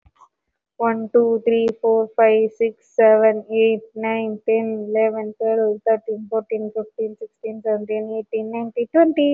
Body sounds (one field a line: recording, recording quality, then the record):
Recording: counting at a normal pace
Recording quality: excellent, no background noise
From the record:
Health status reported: COVID-19 positive, no symptoms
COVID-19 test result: positive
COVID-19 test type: RT-PCR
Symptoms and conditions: cough, cold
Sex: female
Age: 24 years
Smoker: no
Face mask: worn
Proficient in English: yes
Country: India